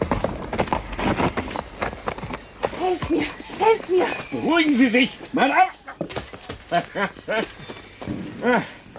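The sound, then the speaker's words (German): Rapid, steady clip-clop of horse hooves pounding along as a rider passes on horseback, with agitated shouting voices, one high and pleading, calling out over the hoofbeats. “Greif den Gaul in die Zügel!”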